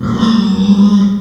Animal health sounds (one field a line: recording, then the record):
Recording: squeal of a Yucatan mini pig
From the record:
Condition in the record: after surgery on the right vocal fold (resection and tissue-engineered implant)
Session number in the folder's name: 14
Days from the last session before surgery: 133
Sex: female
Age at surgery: 19 weeks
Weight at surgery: 25 kg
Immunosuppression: prednisolone